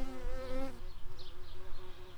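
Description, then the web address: Shrill carder bee buzzing: a steady, harmonic-rich buzz for under a second, then a fainter hum continuing to the end. Worker bumblebees. "Sylvarum workers"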